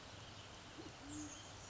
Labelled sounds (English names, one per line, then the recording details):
Band-tailed Pigeon
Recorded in Sonoma County, California